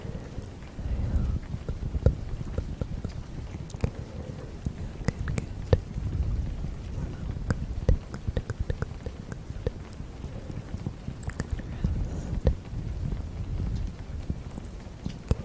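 Fast, gentle tapping runs throughout, a dense patter of soft, irregular knocks with sharper clicks standing out every second or so. Underneath sits a low, breathy rumble like blowing or whispering, steady with slight swells, and no pauses.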